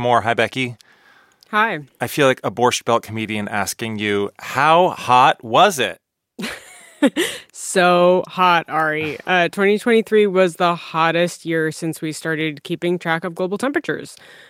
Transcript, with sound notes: Hi, Becky.
Hi.
I feel like a Borscht Belt comedian asking you, how hot was it?
(Laughter) So hot, Ari. 2023 was the hottest year since we started keeping track of global temperatures.